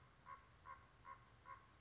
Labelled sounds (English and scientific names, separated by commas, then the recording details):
Common Raven (Corvus corax)
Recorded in Sonoma County, California